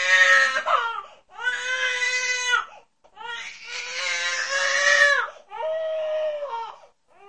Baby crying.